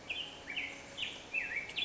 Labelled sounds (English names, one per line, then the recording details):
Black-headed Grosbeak
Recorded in Sonoma County, California